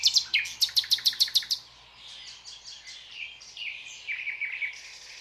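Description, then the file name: Common nightingale singing a loud series of sharp, evenly repeated notes, followed by softer twittering and slurred warbles. "Luscinia megarhynchos"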